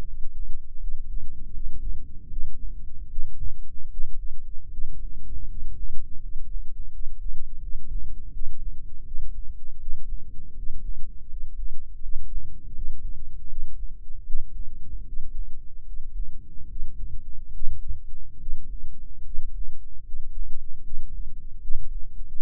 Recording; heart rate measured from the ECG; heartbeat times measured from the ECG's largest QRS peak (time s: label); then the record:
heart sounds by microphone in the left ear; 78 bpm
0.04 s: heartbeat
0.78 s: heartbeat
1.51 s: heartbeat
2.27 s: heartbeat
3.07 s: heartbeat
3.88 s: heartbeat
4.68 s: heartbeat
5.45 s: heartbeat
6.19 s: heartbeat
6.90 s: heartbeat
7.59 s: heartbeat
8.30 s: heartbeat
9.02 s: heartbeat
9.77 s: heartbeat
10.53 s: heartbeat
11.27 s: heartbeat
12.00 s: heartbeat
12.72 s: heartbeat
13.46 s: heartbeat
14.23 s: heartbeat
15.03 s: heartbeat
15.84 s: heartbeat
16.66 s: heartbeat
17.50 s: heartbeat
18.37 s: heartbeat
19.22 s: heartbeat
20.03 s: heartbeat
20.81 s: heartbeat
21.58 s: heartbeat
22.36 s: heartbeat
From the record:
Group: healthy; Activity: rest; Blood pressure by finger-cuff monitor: 89/59 mmHg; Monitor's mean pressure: 67 mmHg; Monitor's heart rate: 79 bpm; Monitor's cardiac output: 6.8 L/min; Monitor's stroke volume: 88 mL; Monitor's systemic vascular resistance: 690 dyn s/cm5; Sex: male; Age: 23 years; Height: 178 cm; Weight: 96.6 kg